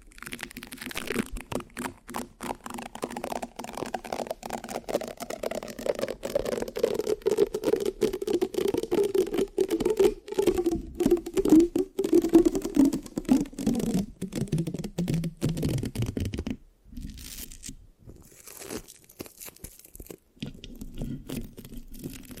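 Dense mic scratching with a sticky, crackling texture, made of rapid irregular clicks and rubs that run almost without pause. A low tone slides slowly downward underneath through the middle, and after about sixteen seconds the scratching thins into sparser bursts.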